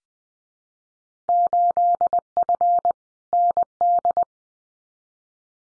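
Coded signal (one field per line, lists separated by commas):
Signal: Morse code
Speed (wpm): 20 wpm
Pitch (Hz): 700 Hz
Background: none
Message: 8F ND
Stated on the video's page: Field Day contest exchange drill at 20 wpm, each exchange sent in Morse code, spoken, then sent again for head-copy practice.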